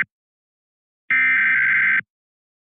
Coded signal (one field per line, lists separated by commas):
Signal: Emergency Alert System (SAME) tones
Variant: header bursts